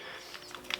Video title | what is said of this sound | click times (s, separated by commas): Is this the BEST Switch 2 Protective Case? - COOWPS Case Review | push that piece down. push this in till it clicks in place. | 0.7 s